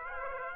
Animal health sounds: mosquito wingbeat signal from an infrared sensor; Aedes aegypti

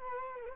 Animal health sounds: mosquito wingbeat signal from an infrared sensor; Culex quinquefasciatus

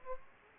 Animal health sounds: mosquito wingbeat signal from an infrared sensor; Aedes aegypti

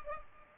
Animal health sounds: mosquito wingbeat signal from an infrared sensor; Culex pipiens

